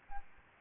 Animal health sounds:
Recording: mosquito wingbeat signal from an infrared sensor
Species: Aedes albopictus

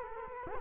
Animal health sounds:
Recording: mosquito wingbeat signal from an infrared sensor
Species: Culex quinquefasciatus

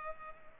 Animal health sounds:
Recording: mosquito wingbeat signal from an infrared sensor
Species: Culex pipiens

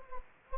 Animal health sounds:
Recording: mosquito wingbeat signal from an infrared sensor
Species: Anopheles gambiae

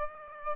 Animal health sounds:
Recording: mosquito wingbeat signal from an infrared sensor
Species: Aedes aegypti

